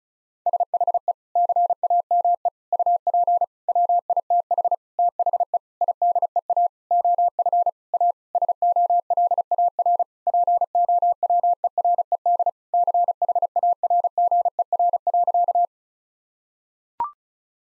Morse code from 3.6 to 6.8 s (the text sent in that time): WITH THE IDEA